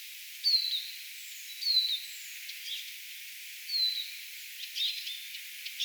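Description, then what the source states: Eurasian siskin calls: three drawn-out, high whistles that drop in pitch, with faint chirps in between. Several siskins flying around, recorded 18 April 2025.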